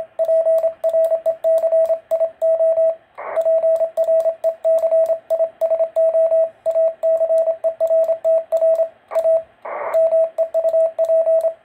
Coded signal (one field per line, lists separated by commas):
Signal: Morse code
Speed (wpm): 27 wpm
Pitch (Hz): 650 Hz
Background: radio noise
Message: PRECIO PRECISO ACERTR A MEU P